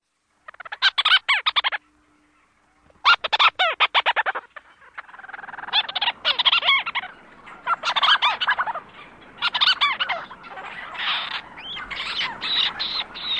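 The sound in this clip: Leach's Storm Petrel chattering calls, rapid stuttering bursts of clipped notes, then denser overlapping chatters and churring.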